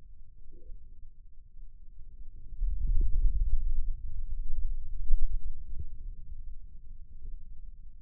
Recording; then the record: forearm muscle sounds (acoustic myography)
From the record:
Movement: radial deviation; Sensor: system 2, bracelet of six BSWA MPA416 microphones around the upper forearm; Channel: 1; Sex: male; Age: 22 years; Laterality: right